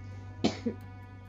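A single short, rough cough burst from an adult woman, followed a moment later by a smaller, throaty second sound, over a steady low electrical hum in a small room. She is still COVID-19 positive, on day 8 of self-isolation, with fever, sore throat, loss of smell, and coughing severe enough to leave her breathless and nauseous.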